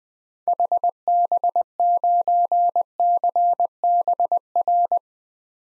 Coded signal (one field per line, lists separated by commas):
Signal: Morse code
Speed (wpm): 20 wpm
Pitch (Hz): 700 Hz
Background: none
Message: HB9CBR